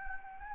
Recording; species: mosquito wingbeat signal from an infrared sensor; Anopheles gambiae